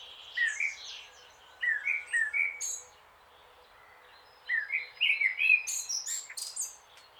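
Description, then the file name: Eurasian blackcap song in short bursts: a warbled phrase, a quick group of slurred notes, a quiet gap, then a longer lively warbling passage. "Sylvia atricapilla"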